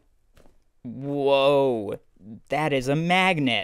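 The magnetic snap closure on a side cargo pocket flap of a coated canvas backpack is undone and pops open with a short, sharp click at 0.4 s, releasing the flap. Right after, someone talks in surprise at finding it is a magnet.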